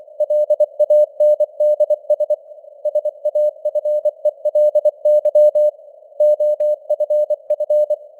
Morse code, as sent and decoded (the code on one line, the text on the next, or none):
.-.. .- -. -.. ... / ... .- ..-. . .-.. -.-- / --- ..-. ..-.
LANDS SAFELY OFF